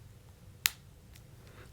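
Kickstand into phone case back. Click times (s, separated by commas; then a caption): 0.7 s. A built-in kickstand on a rugged phone case for an iPhone XS is folded back into its recess in the case back. It snaps shut with one sharp little click at 0.7 s, followed by a much fainter tick around 1.2 s, and the kickstand stays put when the phone is shaken.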